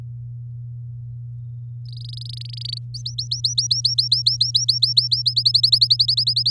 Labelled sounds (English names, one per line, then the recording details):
Domestic Canary song
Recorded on 9 May 2018 at 05:42
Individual llb16